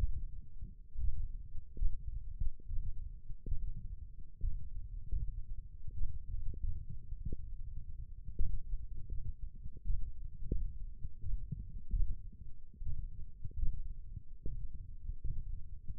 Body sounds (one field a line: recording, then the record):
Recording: forearm muscle sounds (acoustic myography)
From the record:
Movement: thumb flexion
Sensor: system 1, eight BSWA MPA416 microphones around the upper forearm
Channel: 2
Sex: male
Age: 21 years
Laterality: right